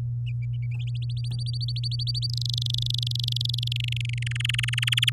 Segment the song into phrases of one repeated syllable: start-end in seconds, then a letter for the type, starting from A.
1.02-2.27 A, 2.29-3.73 B, 3.76-4.23 C, 4.26-5.10 D